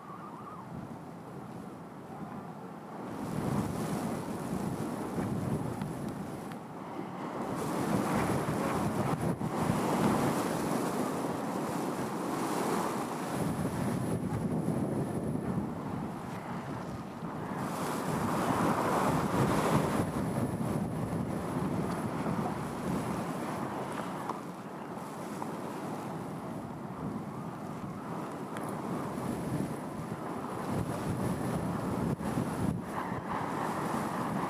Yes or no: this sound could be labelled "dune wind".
yes